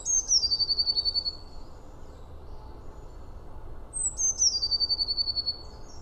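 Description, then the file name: Eurasian blue tit sings two phrases a few seconds apart, each a descending thin whistle breaking into a rapid, rhythmic trill. "Cyanistes caeruleus"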